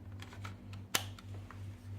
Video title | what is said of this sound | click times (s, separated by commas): Nintendo Switch Jungle Green Modification!!!! (Part 1) | Click is good. | 0.9 s